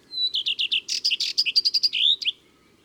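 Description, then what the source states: Common redstart song: a clear high whistle followed by a quick series of repeated chirping notes, ending in a twisted buzzy flourish. Recorded in April.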